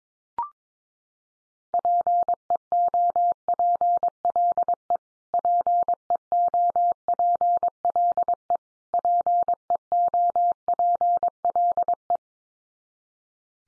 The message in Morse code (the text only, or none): PEOPLE PEOPLE PEOPLE